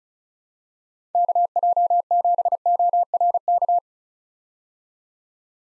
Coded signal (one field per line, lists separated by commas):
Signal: Morse code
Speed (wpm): 36 wpm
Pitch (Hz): 700 Hz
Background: none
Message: KJ7ORK